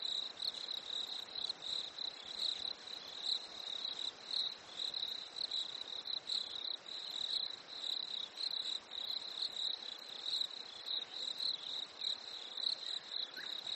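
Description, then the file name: Constant chorus of crickets, bright pulsed chirping at a fixed high pitch, waxing and waning. Nature ambience at a lake in winter, with crickets. "smartsound ATMO NATURE Fresh Winter Lake Crickets Birds"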